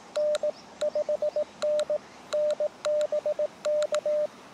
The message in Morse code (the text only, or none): N 5NN BK